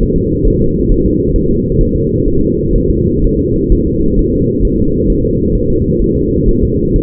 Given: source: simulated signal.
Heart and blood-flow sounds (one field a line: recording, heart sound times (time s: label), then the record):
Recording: fetal heart sounds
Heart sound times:
0.03 s: S1
0.18 s: S2
0.48 s: S1
0.62 s: S2
0.92 s: S1
1.06 s: S2
1.36 s: S1
1.51 s: S2
1.81 s: S1
1.96 s: S2
2.28 s: S1
2.42 s: S2
2.76 s: S1
2.90 s: S2
3.24 s: S1
3.39 s: S2
3.72 s: S1
3.87 s: S2
4.19 s: S1
4.34 s: S2
4.65 s: S1
4.80 s: S2
5.10 s: S1
5.25 s: S2
5.55 s: S1
5.70 s: S2
6.01 s: S1
6.16 s: S2
6.49 s: S1
6.63 s: S2
6.96 s: S1
From the record:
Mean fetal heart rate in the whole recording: 130 bpm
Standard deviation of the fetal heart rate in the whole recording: 4 bpm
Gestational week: 38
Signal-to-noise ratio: -15.3 dB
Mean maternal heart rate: 72 bpm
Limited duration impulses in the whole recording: present